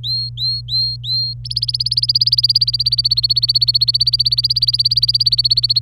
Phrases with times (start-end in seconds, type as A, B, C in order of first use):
0.00-1.33 A, 1.45-5.82 B